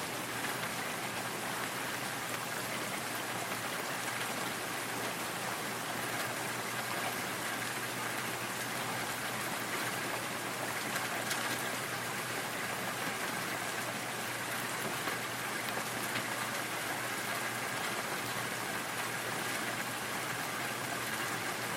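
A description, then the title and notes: Soft rain falls in a steady, dense hiss that barely changes across the whole stretch, its patter spread evenly from low to bright tones. A faint low hum runs underneath, like traffic or an engine, and a few slightly louder drips stand out briefly near the middle. Soft Rain Sounds for Sleeping - Ambient Noise.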